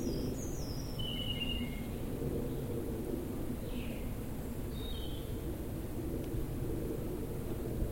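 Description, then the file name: Common chaffinch: a short run of high, sharp notes stepping downward in the opening two seconds, then a few faint notes later, against constant low-frequency noise. "Fringilla coelebs"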